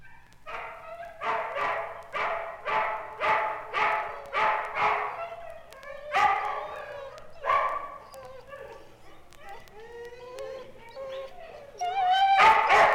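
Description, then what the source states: Dogs barking in a steady run of sharp, harmonic barks for about six seconds, then scattered barks, whines and yelps from several dogs, with a loud burst at the end. Dogs in a dog pound.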